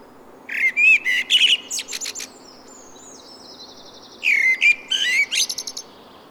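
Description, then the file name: Common blackbird song: two phrases of low fluty warbling notes ending in high squeaky twitters, with a faint, thin, high, drawn-out tone between them. "Turdus merula"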